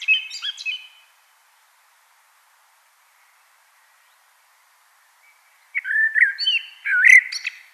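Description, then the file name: Common blackbird song: a warbled phrase ending in high twitters, then a long silence before a second fluty, mellow phrase with a squeaky, scratchy finish. "Turdus merula"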